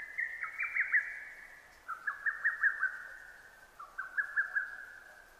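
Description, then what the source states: Lesser cuckoo song, loud rapid whistled phrases, three in a row each dropping a little lower in pitch, with a lingering echo-like tail. Recorded 6 June 2009.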